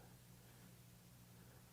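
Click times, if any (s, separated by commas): none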